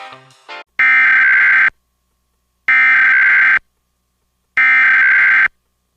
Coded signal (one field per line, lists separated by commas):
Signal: Emergency Alert System (SAME) tones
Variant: header bursts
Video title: EAS Reenactment Mock: Deep Destruction